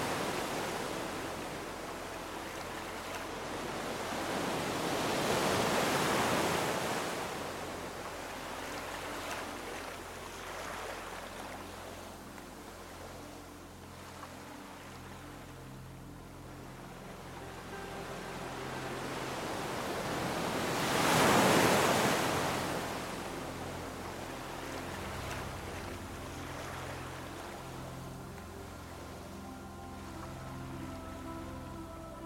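Gentle waves wash ashore in slow swells, with clear surges building and fading around 6 and 21 seconds over a steady hiss of surf. Faint sustained tones run low underneath, suggesting soft background music throughout.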